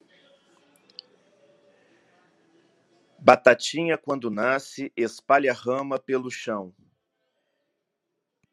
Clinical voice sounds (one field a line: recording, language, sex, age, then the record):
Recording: short text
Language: Brazilian Portuguese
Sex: male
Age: 50 to 59 years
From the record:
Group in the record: control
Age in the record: 56 years